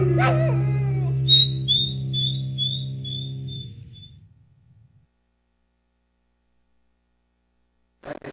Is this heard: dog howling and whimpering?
yes